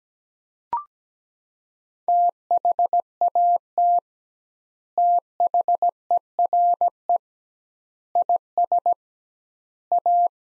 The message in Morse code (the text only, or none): THAT THERE IS A